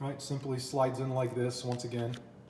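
A plastic stylus is slid into its slot in a Nintendo 2DS handheld game console (Super Mario Brothers 2 Edition, blue) while someone talks throughout. A faint tick comes near the end, but nothing has seated or clicked yet.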